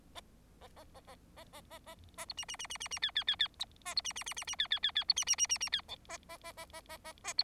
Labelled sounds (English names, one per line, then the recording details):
Bengalese Finch song
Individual Bird4